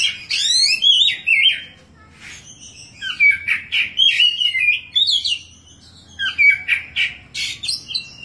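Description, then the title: Oriental magpie-robin singing a loud, varied run of clear whistles, slurred rising and falling notes and sharp chips in bursts with short pauses between phrases. "Kacer"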